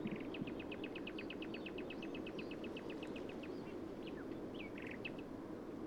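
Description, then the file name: Eurasian wren gives a long, rapid run of sharp ticking notes lasting about three seconds, followed by a few scattered, varied chirps, over constant low background noise. "Troglodytes troglodytes"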